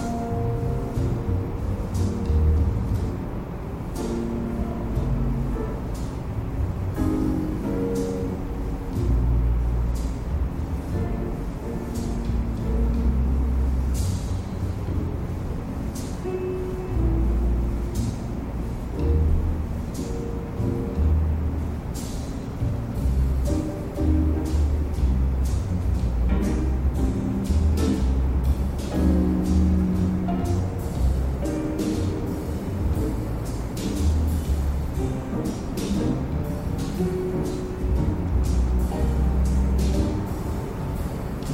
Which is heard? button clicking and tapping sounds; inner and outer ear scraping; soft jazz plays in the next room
soft jazz plays in the next room